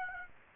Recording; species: mosquito wingbeat signal from an infrared sensor; Aedes aegypti